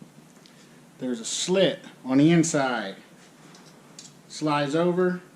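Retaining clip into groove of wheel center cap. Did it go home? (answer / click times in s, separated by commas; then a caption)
no / none. A retaining clip is handled and slid over the slit on the inside of a wheel center cap, ready to be popped into its groove. Someone talks over two short bursts, with brief faint ticks near 0.5 s and 4.0 s in the pauses. Nothing has seated or clicked into the groove yet.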